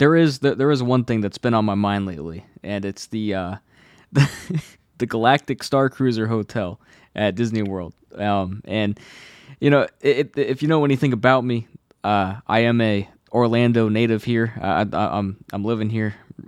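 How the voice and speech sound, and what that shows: An adult man talks casually with repeated words and syllables ("the… the", "I'm, I'm"), stretched filler sounds, and tense glottal stops at word starts. This is a lifelong stutter that worsens with anxiety and was treated by a specialist in childhood, with repetitions, prolongations and brief blocks breaking otherwise fluent speech.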